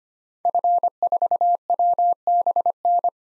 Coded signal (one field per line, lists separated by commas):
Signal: Morse code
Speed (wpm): 25 wpm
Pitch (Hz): 700 Hz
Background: none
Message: F4WBN